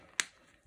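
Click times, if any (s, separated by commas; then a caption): 0.2 s. A watch case back is pressed by hand with brute force onto a quartz watch after a battery change. A single sharp, bright click is heard at 0.2 s, with the rest of the clip quiet. The case back snaps on and is seated.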